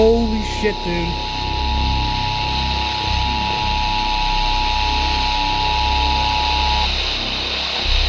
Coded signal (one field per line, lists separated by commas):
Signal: Emergency Alert System (SAME) tones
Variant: 853 and 960 Hz attention tone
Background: speech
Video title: PURE MAYHEM 9... | EAS Alerts from 6/30-7/1/25 | EAS#2,227-2,335